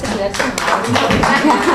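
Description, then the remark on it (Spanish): A short burst of applause at a municipal library event about e-books in Archidona, with many hands clapping in a dense, steady patter at a fairly loud level throughout, and some voices mixed in underneath. “El aplauso.”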